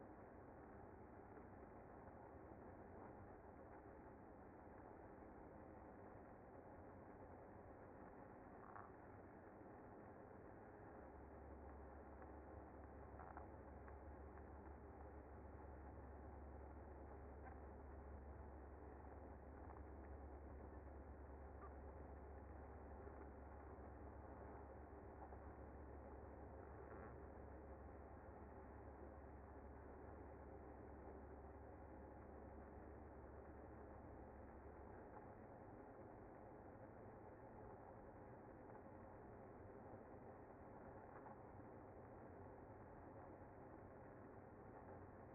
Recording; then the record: honeybee colony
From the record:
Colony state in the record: active